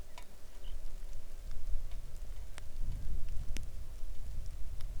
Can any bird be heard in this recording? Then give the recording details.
yes. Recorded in the Arctic National Wildlife Refuge, Alaska, on 3 August 2019 at 09:31. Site 41